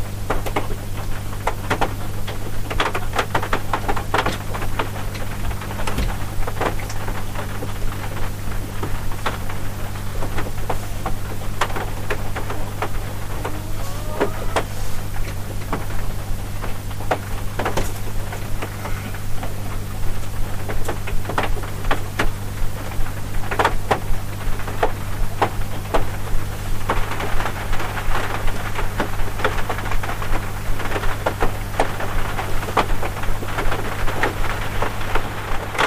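Heavy drops strike in dense, irregular sharp taps over a steady low hum, growing slightly fuller and busier after about twenty-seven seconds.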